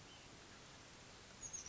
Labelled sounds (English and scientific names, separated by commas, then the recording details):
Oak Titmouse (Baeolophus inornatus)
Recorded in Sonoma County, California